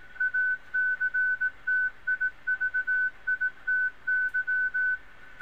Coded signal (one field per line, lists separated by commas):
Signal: Morse code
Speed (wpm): 17 wpm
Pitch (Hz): 1500 Hz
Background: none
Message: ACTIVITY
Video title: CW on HamScope Redux